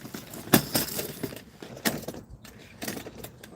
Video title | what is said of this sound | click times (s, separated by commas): First launch for gamekeeper John on his new rib from Higham marine | and then they will click into place | 0.5 s